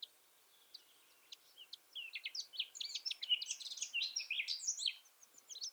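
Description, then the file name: Eurasian blackcap song starting with a few isolated faint notes, then swelling into a lively, rapid, twittering warble that fades near the end. "Sylvia atricapilla"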